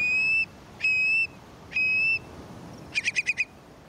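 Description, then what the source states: Long-billed Curlew whistles: three level, high whistled notes spaced about a second apart, then a quick bubbling burst of five rapid notes. Male's bubbling song in spring during his zigzag mating display flight, in western grassland breeding habitat; North America's largest shorebird.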